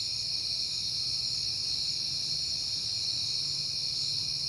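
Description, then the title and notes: Cricket: high continuous trilling, level and unbroken, with a soft low hum underneath. Recorded at night in September on a peaceful night. "Night Time: Crickets and Passing Cars. It is September and I have been hearing the crickets a lot, but finally had a peaceful night to make the recording"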